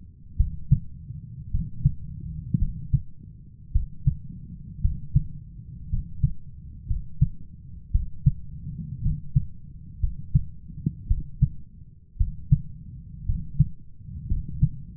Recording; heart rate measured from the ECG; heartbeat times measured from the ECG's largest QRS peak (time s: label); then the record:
heart sounds by stethoscope; 56 bpm
0.36 s: heartbeat
1.50 s: heartbeat
2.58 s: heartbeat
3.71 s: heartbeat
4.80 s: heartbeat
5.89 s: heartbeat
6.86 s: heartbeat
7.91 s: heartbeat
9.01 s: heartbeat
9.99 s: heartbeat
11.07 s: heartbeat
12.16 s: heartbeat
13.25 s: heartbeat
14.27 s: heartbeat
From the record:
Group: healthy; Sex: male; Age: 23 years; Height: 178 cm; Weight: 96.6 kg